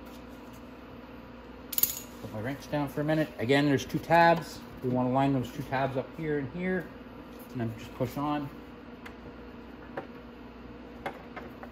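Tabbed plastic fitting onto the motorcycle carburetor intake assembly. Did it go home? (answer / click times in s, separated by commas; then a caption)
no / none. A tabbed plastic part is being handled at the Nibbi carburetor intake assembly of a Venom 125cc X20 motorcycle: the wrench is set down, and the part's two tabs are lined up and pushed on. A burst of quick clicks comes at about 1.7–1.8 s, someone talks, and then a few small taps follow at about 9.1, 10.0, 11.1 and 11.6 s. Nothing has seated or clicked into place yet when the clip ends.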